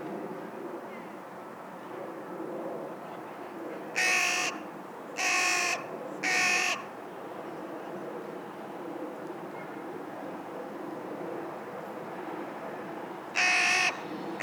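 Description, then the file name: Carrion crow calling: a series of three raspy caws, then a long pause before a fourth, against steady background noise. "Corvus corone"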